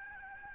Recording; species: mosquito wingbeat signal from an infrared sensor; Aedes albopictus